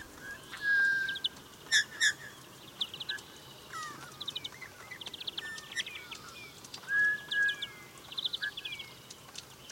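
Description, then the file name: Eurasian bullfinch calls: two plain, steady whistled notes several seconds apart, standing out over many other birds' chirps, trills and sharp clicks. "Pyrrhula pyrrhula"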